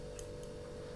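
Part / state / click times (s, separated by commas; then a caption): microSD card into security camera card slot / seated / 0.2 s, 0.4 s. A microSD card is pushed down into the spring-loaded card slot inside a Victure PC730 IP security camera. Two short, sharp clicks are heard at 0.2 s and 0.4 s over a steady low hum. The card is clicked into place and seated.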